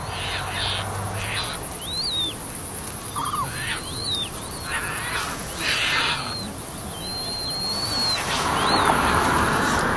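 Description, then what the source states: Caspian tern begging calls: thin, high whistled notes, several sharply rising then falling, and one longer drawn-out note, over steady wind noise. Juvenile giving high-pitched begging calls; Netherlands, newly created nature area used as a feeding and resting stopover on migration to Africa.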